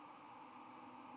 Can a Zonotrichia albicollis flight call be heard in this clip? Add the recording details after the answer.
no. No flight call is heard. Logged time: 22:32 on 9 November 2014